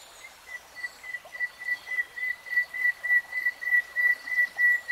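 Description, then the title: Nightingale giving a slow series of pure whistled notes on one pitch, roughly three a second, swelling louder as the series goes on. "[Tiếng chim hót] REALTIME Nightingale Singing"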